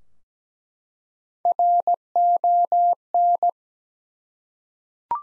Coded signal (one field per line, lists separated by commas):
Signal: Morse code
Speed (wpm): 17 wpm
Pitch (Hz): 700 Hz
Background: none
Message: RON